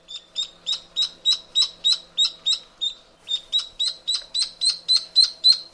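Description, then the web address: Duckling peeping: high, thin piping notes repeated about three to four times a second, steady and insistent with a brief pause midway. "duck chick"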